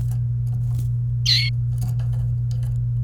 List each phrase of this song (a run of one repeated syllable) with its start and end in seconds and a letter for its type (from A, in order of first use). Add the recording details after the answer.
1.25-1.49 A. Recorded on 28 April 2018 at 12:20. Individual llb3